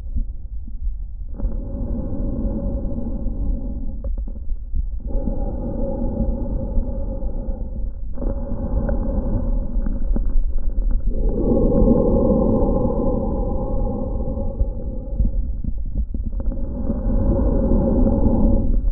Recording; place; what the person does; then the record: lung sounds by stethoscope; trachea; quiet breathing, then deep breathing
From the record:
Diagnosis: COPD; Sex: male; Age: 60 years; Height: 171 cm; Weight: 59.4 kg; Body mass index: 20.3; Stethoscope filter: diaphragm mode